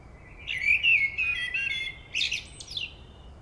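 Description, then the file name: Common blackbird song: a smooth, wavering fluted phrase, then a brief high, squeaky chattering flourish to finish. "Turdus merula"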